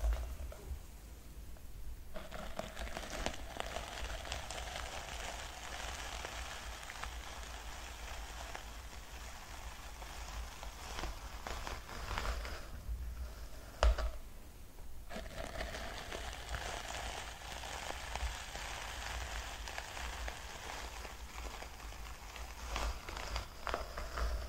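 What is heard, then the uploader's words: Dense scratching and brushing runs almost the whole time, a crisp crackling rustle like rain on a surface. It starts after a quiet first two seconds and pauses briefly around 13 and 15 seconds, over a steady low hum. ASMR scratching, braiding, brushing.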